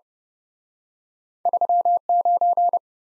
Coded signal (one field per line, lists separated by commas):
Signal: Morse code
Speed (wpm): 38 wpm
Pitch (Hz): 700 Hz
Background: none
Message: 3 9